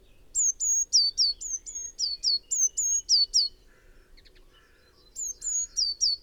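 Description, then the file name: Eurasian blue tit calling with a rapid series of very high notes, level whistles alternating with falling sweeps, then a pause and a second shorter burst. "Cyanistes caeruleus"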